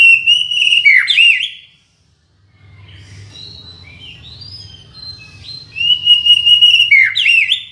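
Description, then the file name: White-rumped shama song: loud phrases of rich warbled and slurred whistles at the start and end, with softer scattered notes and a low hum between them. Borneo. "murai batu borneo"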